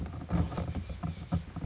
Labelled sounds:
Oak Titmouse (Baeolophus inornatus)
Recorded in Sonoma County, California

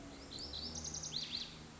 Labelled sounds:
Lazuli Bunting (Passerina amoena)
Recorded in Sonoma County, California

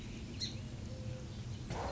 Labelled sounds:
Song Sparrow (Melospiza melodia)
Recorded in Sonoma County, California

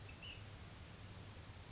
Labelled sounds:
Ash-throated Flycatcher (Myiarchus cinerascens)
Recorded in Sonoma County, California

